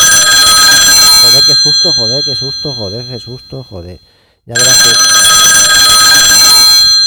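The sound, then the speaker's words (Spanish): A telephone rings with a shrill, steady high tone while a man talks over it; the ringing cuts out for a moment, then comes back loud and sustained. “Ya verás, a ver si cojo el teléfono.”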